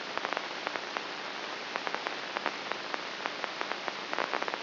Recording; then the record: brain microelectrode recording played as sound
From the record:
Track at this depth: outside the subthalamic nucleus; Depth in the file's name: 6.64 mm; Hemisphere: right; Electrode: 3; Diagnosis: Parkinson's disease